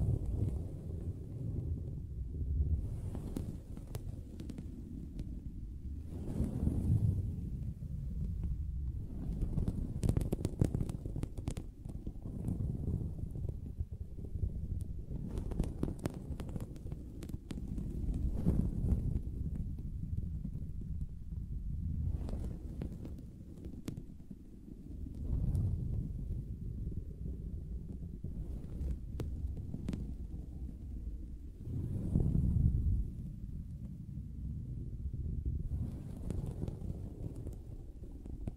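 Soft fabric surface being tapped and scratched, producing a dense, muffled low rumble that runs throughout. Brief brighter scratchy bursts rise out of it every few seconds, near 7, 10, 16, 24 and 32 seconds, with short sharp clicks scattered between.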